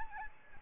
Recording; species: mosquito wingbeat signal from an infrared sensor; Aedes albopictus